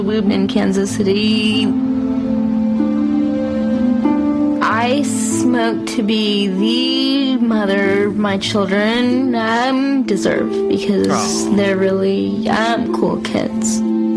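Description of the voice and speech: A woman with cerebral palsy speaks very slowly over background music, drawing out vowels and pausing for several seconds mid-phrase. Her speech is stretched out rather than stuttered, with slightly creaky, nasal voicing: dysarthria.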